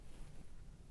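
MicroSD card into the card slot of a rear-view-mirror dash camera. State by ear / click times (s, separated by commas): not seated / none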